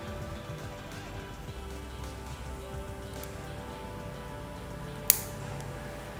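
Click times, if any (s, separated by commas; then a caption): 5.1 s. A metal scalpel blade is slid slowly onto a metal handle and pushed down until it seats with a sharp click at 5.1 s. Before that there is steady low background hum with tonal music-like hum and a faint tick near 3.2 s. The blade ends firmly joined to the handle.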